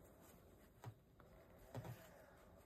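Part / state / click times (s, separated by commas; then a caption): small plastic fastener on crocheted piece / not seated / none. A small plastic piece, possibly a safety-eye backing or a clip, is pressed onto a crocheted cloud for a hanging mobile. Only soft, dull handling bumps are heard, near 0.8, 1.2 and 1.8 seconds, over a low steady background. Nothing has clicked or seated yet.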